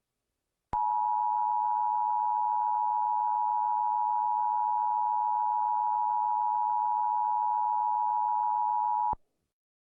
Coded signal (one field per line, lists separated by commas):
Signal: Emergency Alert System (SAME) tones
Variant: 853 and 960 Hz attention tone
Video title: EAS Child Abduction Emergency Durham NC. (EAS 1,235) Jan 14, 2022 [Audio Credit to Piggy Porkchop]